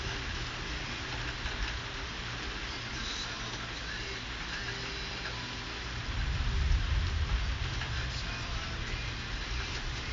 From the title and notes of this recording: There are two storms on this. It was recorded in mono.